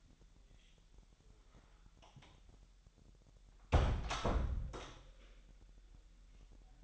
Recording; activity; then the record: daily activity, microphone in the room; close door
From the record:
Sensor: 3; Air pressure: 1001.2 hPa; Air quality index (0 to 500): 248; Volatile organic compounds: 172 ppm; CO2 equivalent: 4114 ppm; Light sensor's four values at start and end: 12/28/12/11 and 12/28/12/11